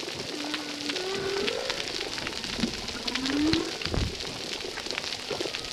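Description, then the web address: Humpback whale song: a flat moan flowing into a rising unit, then a second upward sweep, with steady underwater snapping behind. Humpback whales recorded at a reef site called Recif 10; recording filtered. "Brigitte RECIFS Recif 10 Humpback Whales"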